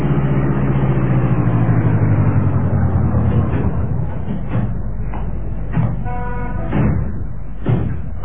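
A car, hailed as a taxi outside a luxury hotel in San Francisco, rumbles and winds down in pitch as it slows to a stop, then idles steadily while a few dull thumps and knocks sound over it.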